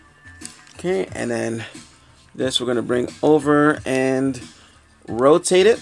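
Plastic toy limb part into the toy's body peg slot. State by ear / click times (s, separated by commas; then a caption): seated / 0.5 s. While transforming a DX9 Henry (Stunticon Wildrider) plastic robot toy, a plastic limb part is rotated so its peg faces down and pushed into the body's peg slot. A sharp click at 0.5 s marks the part locking into place, followed by someone talking.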